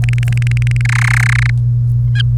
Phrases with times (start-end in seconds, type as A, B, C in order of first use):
0.04-0.81 A, 0.85-1.50 B